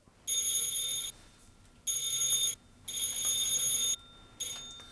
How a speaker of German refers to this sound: Da drüben, Braunsteigweg 4. Sie müssen dreimal lang und einmal kurz klingeln. Sonst macht er nicht auf.